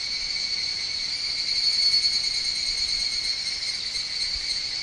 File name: Higurashi